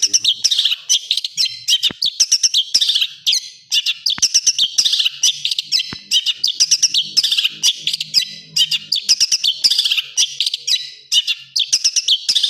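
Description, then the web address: Long-tailed shrike song: a rapid, unbroken stream of high, chattering and twittering notes, fast bursts tumbling one after another with hardly a pause. Full song with 'tembakan' bursts, a master recording for training birds. "cendet full tembakan. masteran cendet"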